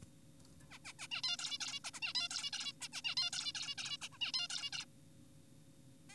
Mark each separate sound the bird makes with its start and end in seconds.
0.71-0.79, 0.85-0.93, 0.99-1.08, 1.12-1.22, 1.24-1.37, 1.39-1.58, 1.61-1.80, 1.84-1.91, 1.94-2.00, 2.02-2.13, 2.15-2.28, 2.31-2.51, 2.53-2.72, 2.81-2.88, 2.93-3.02, 3.05-3.15, 3.17-3.30, 3.33-3.53, 3.55-3.74, 3.78-3.97, 4.02-4.08, 4.12-4.18, 4.21-4.32, 4.34-4.48, 4.50-4.70, 4.73-4.86, 6.10-6.14